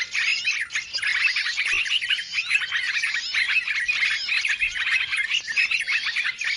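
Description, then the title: Birds produce a lively wash of overlapping chirps, trills and brief whistles that continues evenly from start to end. Chorus of noisy birds used as a lure sound to attract birds; many birds said to approach as soon as it is played. "Baru Diputar Dah Banyak Merapat! Suara Pikat Burung Ribut"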